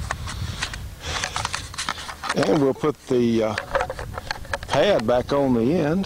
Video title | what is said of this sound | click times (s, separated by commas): Shootin Show 02 18 1996 | and the magazine goes in right here, clicks in place, | 0.1 s